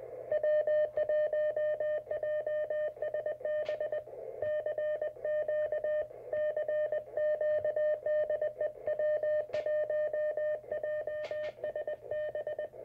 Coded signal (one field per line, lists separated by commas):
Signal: Morse code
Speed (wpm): 20 wpm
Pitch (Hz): 610 Hz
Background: none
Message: W1JSB CQ CQ DE W1JSB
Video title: MTR 3B RadioSet-GO conversion